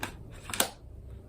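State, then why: Seated. An extension wand piece is pushed into the handheld body of a Bissell 3-in-1 stick vacuum to convert it for floor use. A brief knock at the start and a light tap around 0.5 s come before a sharp plastic snap at 0.6 s. The wand is seated and snapped in place.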